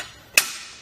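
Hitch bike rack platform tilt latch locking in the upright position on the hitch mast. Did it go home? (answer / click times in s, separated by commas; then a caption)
yes / 0.4 s. The tilted platform of a RockyMounts MonoRail 2-bike hitch rack on a 2018 Ford Escape is raised back to the upright riding position on the hitch mast. At 0.4 s its metal tilt latch gives one sharp click, a bright broadband snap that rings briefly before fading. The latch locks in place.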